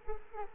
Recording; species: mosquito wingbeat signal from an infrared sensor; Culex quinquefasciatus